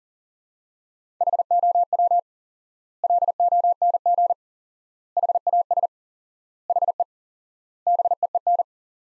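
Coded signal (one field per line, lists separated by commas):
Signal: Morse code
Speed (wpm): 37 wpm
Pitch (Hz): 700 Hz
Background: none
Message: HOW LONG HAS HE BEEN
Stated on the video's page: Morse practice sentences from the top 100 words at 40 wpm with 4x word spacing, a word-based approach analogous to Farnsworth.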